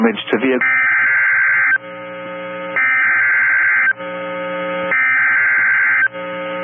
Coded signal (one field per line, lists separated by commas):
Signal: Emergency Alert System (SAME) tones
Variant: header bursts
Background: speech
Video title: Not a good day for Sioux Falls | 5/30/22 - PDS Severe Thunderstorm Warning on WXM28 (EAS #505)